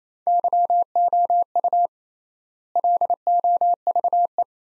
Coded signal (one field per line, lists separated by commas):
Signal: Morse code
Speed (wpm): 28 wpm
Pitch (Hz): 700 Hz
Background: none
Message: YOU LOVE